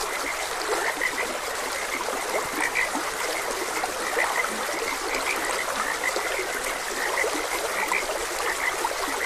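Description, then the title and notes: Frog: steady chorus of croaking frogs with scattered louder notes, over a continuous wash of trickling water. Frogs croaking beside a gentle stream; nature ambience for rest, meditation and sleep. "Gentle Stream and Frogs Croaking. Sleep and Relaxation Podcast"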